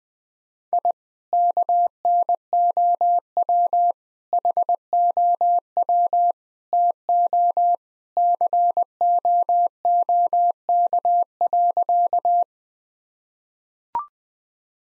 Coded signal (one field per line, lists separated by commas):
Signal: Morse code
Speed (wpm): 20 wpm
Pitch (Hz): 700 Hz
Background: none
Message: I KNOW HOW TO COOK.